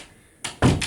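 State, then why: Not seated. A door is pushed shut with a thunk at about 0.5 s and again at 0.6 s, followed by a lighter knock at 0.8 s. The latch fails to catch in the jamb's strike plate, so nothing has clicked or latched.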